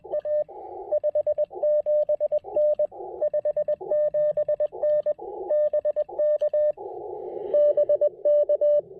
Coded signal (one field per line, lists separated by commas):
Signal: Morse code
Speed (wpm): 20 wpm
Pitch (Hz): 590 Hz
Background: radio noise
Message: A 57N 57N BK BK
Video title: Ham Radio Workbenches On The Air & POTA: A very long QRP activation video using CW and SSB!